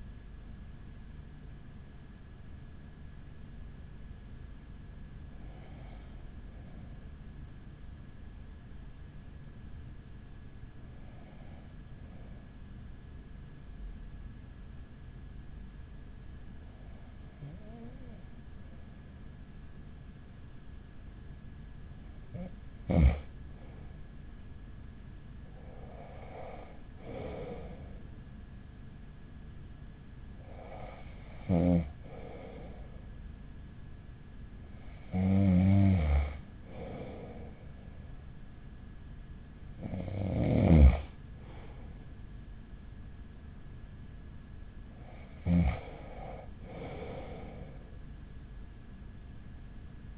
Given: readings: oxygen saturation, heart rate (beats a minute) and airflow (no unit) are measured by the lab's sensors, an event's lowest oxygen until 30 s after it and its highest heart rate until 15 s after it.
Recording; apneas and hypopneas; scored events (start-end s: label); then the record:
breathing in sleep by a smartphone at the bedside; 1
3.00-50.18 s: new sleep stage, N2 (light sleep)
10.00-30.30 s: hypopnea (N2, oxygen 97% highest, then 94% lowest, heart rate 40 at the start, 46 highest)
From the record:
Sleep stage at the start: N1 (lightest sleep); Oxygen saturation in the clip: 94 to 97%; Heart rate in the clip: 40 to 56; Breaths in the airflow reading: 9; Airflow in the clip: -6.8 to 11.3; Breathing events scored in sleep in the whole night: 207 in 7.6 hours asleep